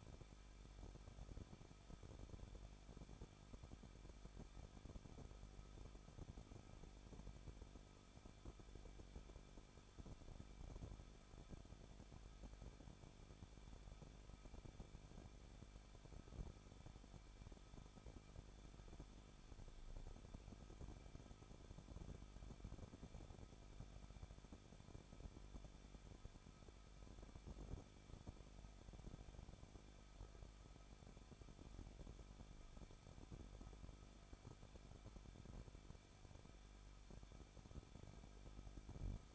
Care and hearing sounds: daily activity, microphone in the room; no activity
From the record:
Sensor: 5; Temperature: 20.8 degrees Celsius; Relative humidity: 38.5%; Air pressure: 1006.5 hPa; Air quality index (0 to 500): 190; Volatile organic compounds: 20 ppm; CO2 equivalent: 2683 ppm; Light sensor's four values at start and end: 2/3/1/1 and 2/3/1/1

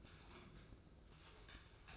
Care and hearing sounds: daily activity, microphone in the room; typing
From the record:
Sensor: 2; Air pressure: 995.1 hPa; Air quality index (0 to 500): 64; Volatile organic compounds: 2 ppm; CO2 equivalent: 1090 ppm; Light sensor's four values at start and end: 17/57/21/22 and 17/57/21/22

